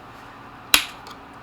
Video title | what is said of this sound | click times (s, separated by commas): bear crossbow | and then now it's locked into place it does add more weight to it | 0.7 s